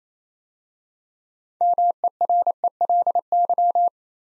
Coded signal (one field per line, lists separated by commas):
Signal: Morse code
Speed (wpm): 27 wpm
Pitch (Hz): 700 Hz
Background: none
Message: MERELY